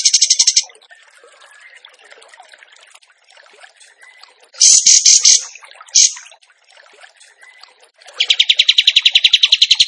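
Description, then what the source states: Bird song: scattered short buzzy bursts among soft background chirps, ending in a sustained rapid pulsing trill. Masteran training recording of a gacor bird singing in tembakan style.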